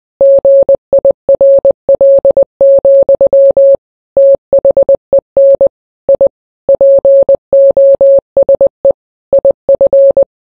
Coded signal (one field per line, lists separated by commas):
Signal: Morse code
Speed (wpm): 20 wpm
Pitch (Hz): 550 Hz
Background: none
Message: GIRL, THEN I POSE IF